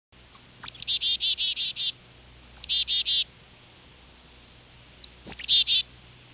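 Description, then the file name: Black-capped chickadee calling: thin high introductory notes followed by a rapid series of buzzy 'dee' notes, given three times. "Poecile atricapillus"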